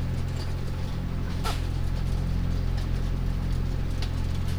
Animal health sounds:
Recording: poultry house recording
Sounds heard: sick chickens (respiratory disease)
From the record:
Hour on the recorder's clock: 3

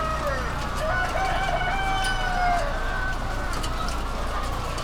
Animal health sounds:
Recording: poultry house recording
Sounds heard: healthy chickens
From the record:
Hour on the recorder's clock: 21

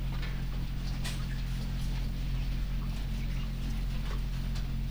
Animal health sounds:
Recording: poultry house recording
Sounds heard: sick chickens (respiratory disease)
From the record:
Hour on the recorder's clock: 20

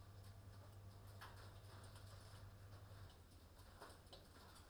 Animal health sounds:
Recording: poultry house recording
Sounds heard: no chicken sound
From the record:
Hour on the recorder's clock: 21

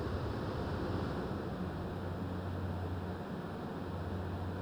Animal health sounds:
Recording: poultry house recording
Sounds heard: no chicken sound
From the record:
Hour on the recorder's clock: 21

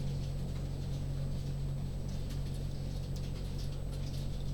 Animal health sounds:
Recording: poultry house recording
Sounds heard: no chicken sound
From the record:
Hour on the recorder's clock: 20

